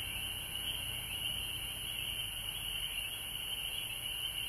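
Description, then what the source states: Many frogs calling at once, a continuous high-pitched chorus holding steady throughout, with a faint low rumble underneath. Several frogs recorded at home in Georgia on March 19, 2020.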